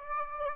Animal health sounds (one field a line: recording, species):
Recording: mosquito wingbeat signal from an infrared sensor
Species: Aedes aegypti